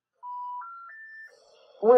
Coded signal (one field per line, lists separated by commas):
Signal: telephone call progress tone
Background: speech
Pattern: special information tone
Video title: Phone Line Simulator Project Update: 2 Phones Working!